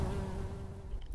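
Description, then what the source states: Central bumblebee wing buzz, a faint low hum over a low rumble. Bombus centralis vibrating its wings among wildflowers in Lower Skunk Canyon, west of Boulder, in August 2014.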